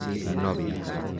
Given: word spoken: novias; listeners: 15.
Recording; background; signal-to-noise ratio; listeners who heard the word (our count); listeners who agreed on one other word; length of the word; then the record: one Spanish word in noise, from a listening test; eight-talker babble; -0.1 dB; 3 of 15; 8 of 15; 0.80 s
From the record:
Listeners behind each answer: 8, 3, 1, 1, 1, 1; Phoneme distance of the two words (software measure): 7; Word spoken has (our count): 2 syllables, 6 phonemes, stress on syllable 1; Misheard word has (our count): 2 syllables, 5 phonemes, stress on syllable 1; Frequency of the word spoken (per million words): 2.72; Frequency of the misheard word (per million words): 25.93